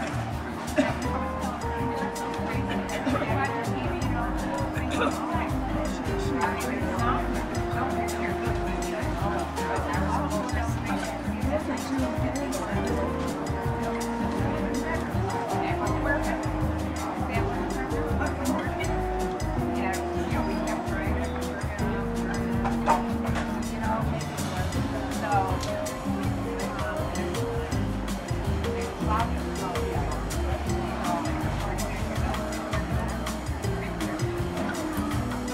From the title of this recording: Seaside Cafe Ambience - Coffee Shop Sounds, Ocean Sounds